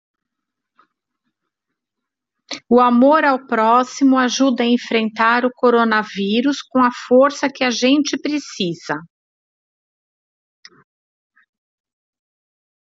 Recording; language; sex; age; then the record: spoken sentence; Brazilian Portuguese; female; 40 to 49 years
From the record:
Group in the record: control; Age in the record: 48 years